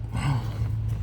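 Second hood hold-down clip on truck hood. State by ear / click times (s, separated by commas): not seated / none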